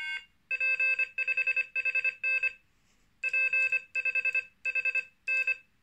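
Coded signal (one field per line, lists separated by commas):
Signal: Morse code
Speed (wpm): 24 wpm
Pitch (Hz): 2600 Hz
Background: none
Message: P5HN P5HN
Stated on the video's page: Morse generated by a Morserino-32 in echo trainer mode.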